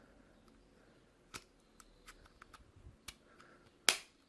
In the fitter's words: ouais voilà donc ça se clipse là dedans et là on a un truc adhésif